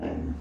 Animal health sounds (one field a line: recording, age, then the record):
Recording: pig call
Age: growing-finishing pig (85 days or more)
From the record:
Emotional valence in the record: negative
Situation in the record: barren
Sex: female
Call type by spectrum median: low-frequency call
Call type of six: low-frequency stable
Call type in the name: low-frequency stable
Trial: 1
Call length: 0.41 s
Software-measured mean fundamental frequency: 62 Hz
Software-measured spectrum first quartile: 122 Hz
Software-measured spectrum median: 255 Hz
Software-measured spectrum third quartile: 443 Hz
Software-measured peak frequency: 267 Hz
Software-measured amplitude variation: 124 dB a second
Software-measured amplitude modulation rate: 28.0 a second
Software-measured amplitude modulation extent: 4.4 dB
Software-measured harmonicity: -2.3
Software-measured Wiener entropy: -0.30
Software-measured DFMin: 817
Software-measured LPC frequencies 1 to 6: 293, 1702, 2816, 3694, 4735, 5341 Hz